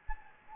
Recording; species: mosquito wingbeat signal from an infrared sensor; Anopheles gambiae